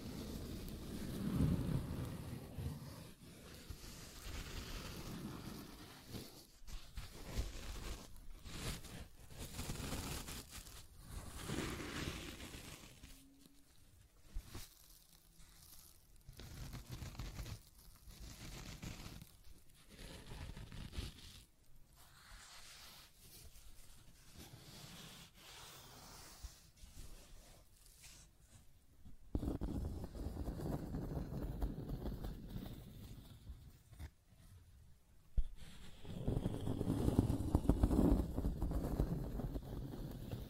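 Scratching and tracing sounds rasp along in irregular strokes, some long and grainy, others short scrapes separated by brief gaps. The busiest, loudest passages come near the start, around ten seconds, and again from about thirty-five seconds, with quieter, sparser stretches in between.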